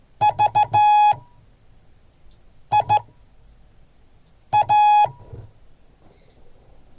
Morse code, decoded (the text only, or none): VIA